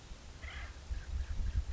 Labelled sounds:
Acorn Woodpecker
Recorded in Sonoma County, California

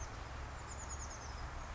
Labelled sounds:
Chestnut-backed Chickadee
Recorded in Sonoma County, California

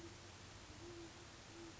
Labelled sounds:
Great Horned Owl
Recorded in Sonoma County, California

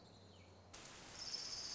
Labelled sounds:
Orange-crowned Warbler
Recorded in Sonoma County, California

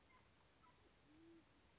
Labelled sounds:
Band-tailed Pigeon
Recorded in Sonoma County, California

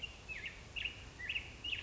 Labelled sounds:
Black-headed Grosbeak
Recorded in Sonoma County, California

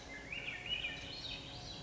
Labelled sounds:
Swainson's Thrush
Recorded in Sonoma County, California

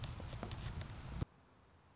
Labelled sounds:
Anna's Hummingbird
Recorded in Sonoma County, California

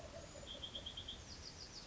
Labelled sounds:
Bewick's Wren
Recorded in Sonoma County, California

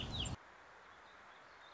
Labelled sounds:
Warbling Vireo
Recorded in Sonoma County, California

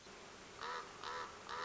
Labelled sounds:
Common Raven
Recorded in Sonoma County, California

